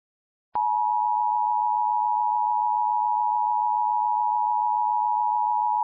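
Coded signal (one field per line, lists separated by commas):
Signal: Emergency Alert System (SAME) tones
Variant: 853 and 960 Hz attention tone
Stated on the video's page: Recreated EAS tornado warning covering two states.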